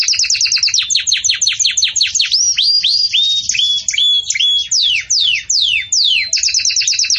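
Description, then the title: Canary song with rapid trills, a series of rising whistled slurs, then falling sweeps and another fast trill. Belgian canary song used for training chicks (encarte de filhotes); style described as campainha. "Belíssimo Canto Do Canário Belga Campainha Para Encarte De Filhotes"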